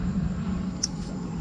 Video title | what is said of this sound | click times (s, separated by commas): Camry Accident Repair (4K CAMERA GIVEAWAY) - Headlight and Fog Light Assembly - July 2018 | heard that one click second | 0.8 s